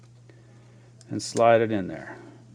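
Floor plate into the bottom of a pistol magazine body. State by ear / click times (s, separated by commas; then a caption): not seated / none. A floor plate, also called the magazine block, is handled at the bottom of a metal Ruger Mark I/II/III pistol magazine body, ready to be slid on until it locks. Faint ticks sound at about 0.3 s and 1.0 s, then someone talks over a steady low hum. Nothing has seated or clicked yet.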